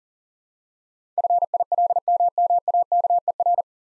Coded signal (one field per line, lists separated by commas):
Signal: Morse code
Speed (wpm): 44 wpm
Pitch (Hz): 700 Hz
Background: none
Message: FILMMAKER